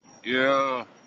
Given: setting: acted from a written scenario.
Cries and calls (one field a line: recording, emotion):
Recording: vocal sound without words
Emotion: triumph